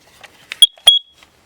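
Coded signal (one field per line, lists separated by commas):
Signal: beep code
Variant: Kidde CO detector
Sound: two short high-pitched electronic chirps, the second slightly longer, among soft clicks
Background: clicks, small room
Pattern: 2 short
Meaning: Two beeps mean the detector has reached end of life and should be replaced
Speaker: so the two beeps is telling you it's end of life and then it also says end of life on the display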